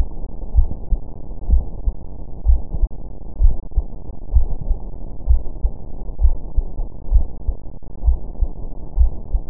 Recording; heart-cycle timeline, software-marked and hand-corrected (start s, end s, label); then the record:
heart sounds
0.00	0.08	S2
0.08	0.56	diastole
0.56	0.68	S1
0.68	0.90	systole
0.90	1.00	S2
1.00	1.50	diastole
1.50	1.64	S1
1.64	1.86	systole
1.86	1.96	S2
1.96	2.46	diastole
2.46	2.60	S1
2.60	2.80	systole
2.80	2.90	S2
2.90	3.40	diastole
3.40	3.54	S1
3.54	3.76	systole
3.76	3.86	S2
3.86	4.34	diastole
4.34	4.48	S1
4.48	4.68	systole
4.68	4.78	S2
4.78	5.28	diastole
5.28	5.40	S1
5.40	5.62	systole
5.62	5.72	S2
5.72	6.22	diastole
6.22	6.36	S1
6.36	6.56	systole
6.56	6.66	S2
6.66	7.12	diastole
7.12	7.26	S1
7.26	7.46	systole
7.46	7.56	S2
7.56	8.04	diastole
8.04	8.18	S1
8.18	8.40	systole
8.40	8.50	S2
8.50	8.98	diastole
8.98	9.10	S1
9.10	9.32	systole
9.32	9.42	S2
9.42	9.50	diastole
From the record:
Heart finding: coronary artery disease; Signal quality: good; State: rest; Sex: female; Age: 63 years